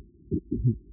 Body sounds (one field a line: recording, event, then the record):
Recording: neck accelerometer signal played as sound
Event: voluntary cough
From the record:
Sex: male